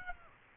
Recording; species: mosquito wingbeat signal from an infrared sensor; Aedes aegypti